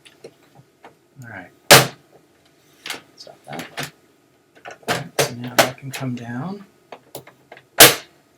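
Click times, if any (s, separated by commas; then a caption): 7.8 s. Someone talks while the plastic cover panel of a modified laser printer's housing is lowered and pressed onto the plastic printer body, with a few small taps and ticks along the way. At 7.8 s a loud, sharp snap is heard as the panel seats and clicks into place.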